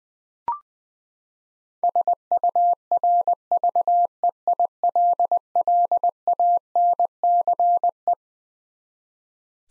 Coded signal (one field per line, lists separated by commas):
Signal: Morse code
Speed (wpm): 20 wpm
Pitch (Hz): 700 Hz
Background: none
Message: SURVEILLANCE